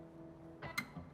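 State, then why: Seated. A plastic multi-pin wiring connector from the harness is pushed into the "switch input" port on a Ford Racing engine control pack, mounted beside the OBD2 port in a Ford F100 truck. Over light background music, a short rustling push at about 0.6 s is followed by a sharp, bright click at 0.8 s as the connector seats firmly in the port.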